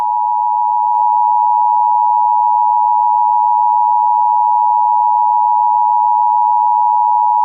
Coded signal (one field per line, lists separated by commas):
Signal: Emergency Alert System (SAME) tones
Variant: 853 and 960 Hz attention tone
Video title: EAS Scenario #9: Light's Rampage pt III: The Best Part?